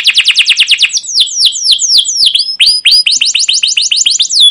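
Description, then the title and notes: Canary song of fast repeated downward chirps, then slower slurred notes and whistled upward sweeps in varied rhythm. Canary song with "cuit cuit" chirps, used as a lure and tutor recording for training young canaries to sing long and energetically. "CUIT CUIT NGEROL LANGSUNG GACOR PANJANG Kenari Ini AMPUH Utk Pancingan KENAR. PANCINGAN Kenari GACOR PANJANG Cuit CUIT EMOSI ini AMPUH utk MASTERAN Kenari PAUD belajar BUNYI. burung kenari"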